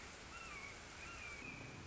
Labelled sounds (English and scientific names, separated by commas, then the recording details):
Red-shouldered Hawk (Buteo lineatus)
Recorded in Sonoma County, California